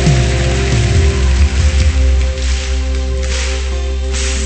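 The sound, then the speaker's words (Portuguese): An audience applauds the Lord in a steady, dense wash of clapping that holds at an even loudness throughout, with a low, sustained hum running underneath. “Então, pode aplaudir melhor.”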